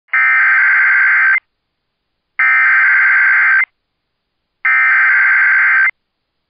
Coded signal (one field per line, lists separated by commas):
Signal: Emergency Alert System (SAME) tones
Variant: header bursts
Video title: EAS Blizzard Warning/Wind Chill Advisory Northeastern Minnesota NOAA Weather Radio Grand Marais